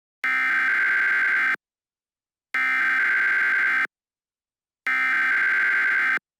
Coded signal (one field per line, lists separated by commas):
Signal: Emergency Alert System (SAME) tones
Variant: header bursts